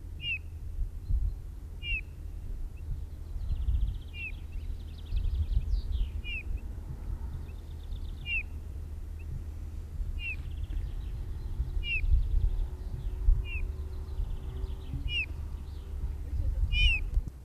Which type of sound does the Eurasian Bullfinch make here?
call